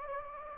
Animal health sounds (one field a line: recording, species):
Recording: mosquito wingbeat signal from an infrared sensor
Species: Anopheles gambiae